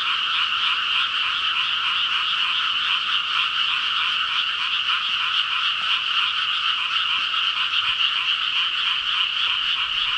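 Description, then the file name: Frogs in full chorus, quick repeated croaks from many callers running together into a steady, buzzy, high trill. "ENV frog 200705"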